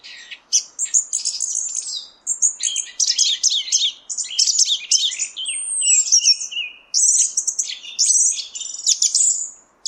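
Song thrush singing a fast, dense stream of high chirps, trills and whistled notes with only short breaks.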